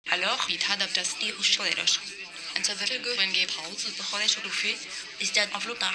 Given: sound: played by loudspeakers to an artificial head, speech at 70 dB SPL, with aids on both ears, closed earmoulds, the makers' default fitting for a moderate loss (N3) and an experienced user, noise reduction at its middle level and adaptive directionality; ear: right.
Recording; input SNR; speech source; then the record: speech test signal (ISTS) in cocktail-party noise; +6 dB; in front (0 degrees)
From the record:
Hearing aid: class 1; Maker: B